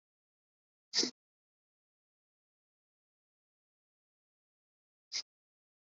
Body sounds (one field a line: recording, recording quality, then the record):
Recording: shallow breathing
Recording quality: moderate, slight background noise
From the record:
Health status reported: COVID-19 positive, mild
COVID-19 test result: positive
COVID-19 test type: RT-PCR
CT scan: not taken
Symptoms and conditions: cough, breathing difficulty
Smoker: no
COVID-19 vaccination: both doses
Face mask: worn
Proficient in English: no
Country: India